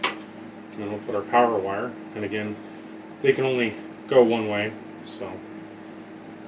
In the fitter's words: connect it just like we took it off make sure it clicks